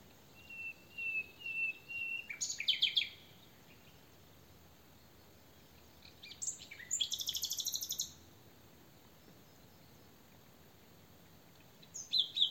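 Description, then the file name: Common nightingale song: slow repeated whistled notes, then a burst of harsh high phrases, a dense buzzy rattle midway and a short phrase at the end, with long pauses. "Luscinia megarhynchos"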